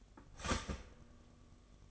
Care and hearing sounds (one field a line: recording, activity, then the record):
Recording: daily activity, microphone in the room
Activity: start toaster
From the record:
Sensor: 4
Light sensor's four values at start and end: 18/60/22/21 and 17/57/21/20